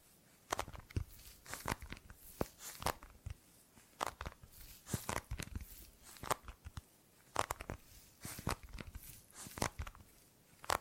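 Gripping and grabbing sounds: a run of short, sharp handling noises, sometimes single and sometimes in quick clusters, arriving irregularly every fraction of a second across the whole clip. Each is a brief rustling or crinkling snap that spans low to bright, with quiet gaps between.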